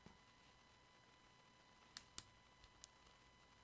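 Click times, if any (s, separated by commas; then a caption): none. A crimped metal contact is pushed flat into a plastic Powerpole connector housing, with faint handling noise and a few brief sharp ticks near 2.0, 2.2 and 2.8 seconds. Nothing has seated or clicked into the housing yet; the clip ends just before the contact goes home.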